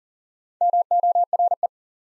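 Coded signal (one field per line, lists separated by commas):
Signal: Morse code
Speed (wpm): 40 wpm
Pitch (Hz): 700 Hz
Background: none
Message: MORE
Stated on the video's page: Head-copy drill of the 100 most common English words at 40 wpm, each word sent in Morse, spoken, then sent again.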